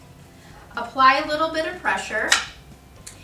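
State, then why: Seated. A jewelry display peg is pressed with light pressure into its hole in the peg board of a 12-peg jewelry display board while someone talks. A short, sharp snap at 3.1 s marks the peg snapping into place, seated in the board.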